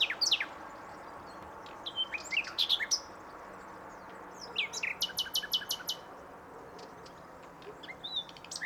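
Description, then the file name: Common nightingale song: varied phrases of whistled slurs, sharp chips and a short burst of repeated high notes, with a faint low hum beneath. "Luscinia megarhynchos"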